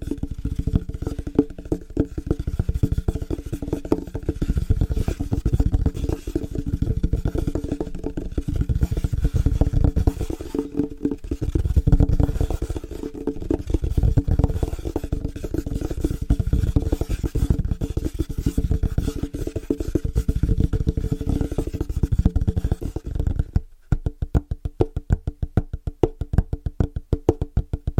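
Fast, rhythmic tapping runs almost without a break, a dense low-pitched rattle of quick strikes with a faint ringing tone under it. Around 23 seconds it shifts to a different surface, and the taps become sparser, sharper and more distinct until the end.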